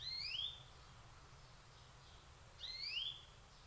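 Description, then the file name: European greenfinch call: a rising whistled note given twice, about two and a half seconds apart, with quiet background. "Chloris chloris"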